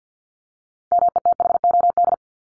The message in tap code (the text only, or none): none